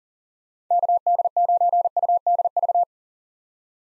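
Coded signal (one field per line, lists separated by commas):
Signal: Morse code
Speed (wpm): 40 wpm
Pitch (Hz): 700 Hz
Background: none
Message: KD9UDV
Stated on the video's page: Morse code callsign drill of common POTA activator callsigns at 40 wpm, each sent, then spoken, then sent again for head-copy practice.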